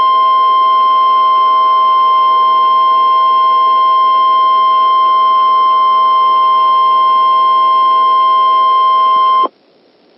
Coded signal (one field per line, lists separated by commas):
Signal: Emergency Alert System (SAME) tones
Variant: 1050 Hz attention tone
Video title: Texas Inferno (EAS Scenario)